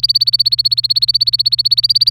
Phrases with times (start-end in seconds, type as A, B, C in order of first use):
0.00-2.11 A